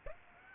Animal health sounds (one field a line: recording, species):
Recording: mosquito wingbeat signal from an infrared sensor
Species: Aedes aegypti